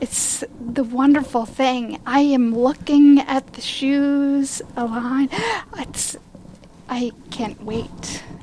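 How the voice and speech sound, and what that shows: Adult woman, a stroke survivor, with aphasia, talking in a group to practise her speech.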